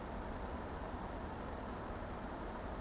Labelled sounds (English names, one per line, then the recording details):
Eurasian Woodcock whistle
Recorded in Baden-Württemberg, Germany, on 25 June 2020 at 20:24 UTC
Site 14569, 102 m above sea level